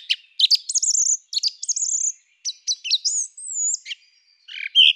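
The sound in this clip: Song thrush delivering clear slurred whistles and sharp notes, a long rising then falling whistle near the middle, ending in harsher chattering notes.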